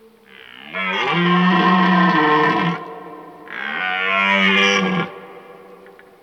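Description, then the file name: Red deer stag giving two long, powerful, hoarse bellows, each around two seconds, separated by a brief pause. Old stag bellowing during the rut. "Burlen 10 oud hert"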